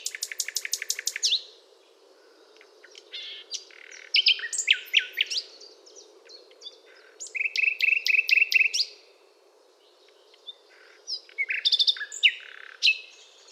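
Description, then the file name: Common nightingale song: a fast staccato trill at the start, then varied chirps and buzzes and another rapid repeated-note run, with gaps between phrases; low hum underneath. "Luscinia megarhynchos"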